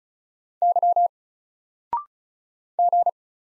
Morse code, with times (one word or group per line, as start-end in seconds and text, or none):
0.6-1.1 Y
2.8-3.1 G